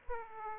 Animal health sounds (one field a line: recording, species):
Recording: mosquito wingbeat signal from an infrared sensor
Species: Aedes aegypti